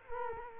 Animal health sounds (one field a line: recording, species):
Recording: mosquito wingbeat signal from an infrared sensor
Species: Culex quinquefasciatus